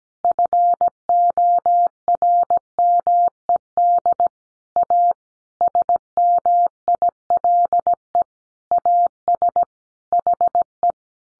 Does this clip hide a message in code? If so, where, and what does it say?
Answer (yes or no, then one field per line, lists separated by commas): yes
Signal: Morse code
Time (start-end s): 0.2-10.9 s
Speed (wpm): 17 wpm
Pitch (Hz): 700 Hz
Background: none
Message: FORMED A SMILE AS HE